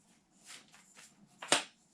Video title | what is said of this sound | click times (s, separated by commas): Neewer Tripod With Rotatable Center Column Review | gonna go up until it clicks and then | 1.4 s, 1.5 s